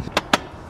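On the second attempt, an infant car seat carrier is pushed into its car base. Two sharp, loud clicks ring out at 0.2 s and 0.3 s, the second louder than the first, and the seat is confirmed seated and ready.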